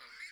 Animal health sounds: pig call; piglet (1 to 25 days)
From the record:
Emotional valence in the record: positive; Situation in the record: reunion after long isolation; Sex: male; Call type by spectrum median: high-frequency call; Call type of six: low-frequency tonal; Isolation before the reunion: 8 minutes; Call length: 0.31 s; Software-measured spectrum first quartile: 1979 Hz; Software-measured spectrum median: 2453 Hz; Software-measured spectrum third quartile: 4795 Hz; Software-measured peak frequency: 2173 Hz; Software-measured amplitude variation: 111 dB a second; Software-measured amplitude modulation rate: 24.0 a second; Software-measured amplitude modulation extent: 4.6 dB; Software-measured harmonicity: 2.8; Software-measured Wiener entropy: -2.01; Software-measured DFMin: 1002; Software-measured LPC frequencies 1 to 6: 1729, 2158, 4101, 4598, 5151, 7217 Hz

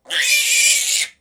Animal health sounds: pig call; piglet (1 to 25 days)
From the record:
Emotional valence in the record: negative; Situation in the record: restrain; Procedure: back test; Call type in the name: high-frequency call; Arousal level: maximum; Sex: male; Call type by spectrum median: high-frequency call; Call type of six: high-frequency modulated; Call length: 1.21 s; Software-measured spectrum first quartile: 2821 Hz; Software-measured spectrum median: 4944 Hz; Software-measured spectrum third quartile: 7626 Hz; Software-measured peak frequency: 2377 Hz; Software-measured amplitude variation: 142 dB a second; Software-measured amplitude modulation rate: 17.8 a second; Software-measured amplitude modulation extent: 8.0 dB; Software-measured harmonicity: 0.8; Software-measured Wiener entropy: -2.09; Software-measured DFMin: 947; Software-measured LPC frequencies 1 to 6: 1866, 2387, 3151, 3724, 4807, 5901 Hz

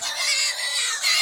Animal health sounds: pig call; weaner (32 to 43 days)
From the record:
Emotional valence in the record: negative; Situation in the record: restrain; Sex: male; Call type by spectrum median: high-frequency call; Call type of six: high-frequency stable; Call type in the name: high-frequency stable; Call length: 1.22 s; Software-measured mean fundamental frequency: 510 Hz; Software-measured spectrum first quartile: 2840 Hz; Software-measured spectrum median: 4251 Hz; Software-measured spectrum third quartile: 6000 Hz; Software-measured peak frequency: 2123 Hz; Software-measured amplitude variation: 88 dB a second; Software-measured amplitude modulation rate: 23.7 a second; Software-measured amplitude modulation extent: 3.7 dB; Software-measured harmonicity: 1.9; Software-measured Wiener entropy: -1.70

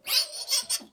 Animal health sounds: pig call; piglet (1 to 25 days)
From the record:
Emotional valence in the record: negative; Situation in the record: restrain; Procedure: back test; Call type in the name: high-frequency call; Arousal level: medium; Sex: male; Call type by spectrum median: high-frequency call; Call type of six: high-frequency stable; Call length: 0.94 s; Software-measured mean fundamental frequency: 315 Hz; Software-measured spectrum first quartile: 4489 Hz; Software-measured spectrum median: 5600 Hz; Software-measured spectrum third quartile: 8529 Hz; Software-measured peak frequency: 4433 Hz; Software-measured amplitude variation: 244 dB a second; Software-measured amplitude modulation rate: 10.1 a second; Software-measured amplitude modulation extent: 24.0 dB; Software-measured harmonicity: 3.7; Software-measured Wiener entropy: -2.26

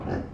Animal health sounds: pig call; growing-finishing pig (85 days or more)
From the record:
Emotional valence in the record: negative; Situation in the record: barren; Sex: female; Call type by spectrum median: low-frequency call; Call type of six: low-frequency stable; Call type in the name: low-frequency stable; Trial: 1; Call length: 0.35 s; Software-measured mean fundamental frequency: 51 Hz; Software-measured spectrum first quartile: 163 Hz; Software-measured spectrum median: 323 Hz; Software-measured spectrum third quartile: 628 Hz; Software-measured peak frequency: 267 Hz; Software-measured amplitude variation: 128 dB a second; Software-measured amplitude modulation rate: 33.2 a second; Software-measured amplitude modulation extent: 3.9 dB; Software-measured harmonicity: -2.8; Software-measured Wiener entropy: -0.39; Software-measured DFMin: 816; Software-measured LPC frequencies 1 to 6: 1685, 2699, 4222, 4937, 5354, 6156 Hz

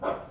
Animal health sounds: pig call; growing-finishing pig (85 days or more)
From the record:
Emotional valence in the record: positive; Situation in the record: run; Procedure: transit

